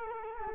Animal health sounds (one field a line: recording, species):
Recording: mosquito wingbeat signal from an infrared sensor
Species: Culex quinquefasciatus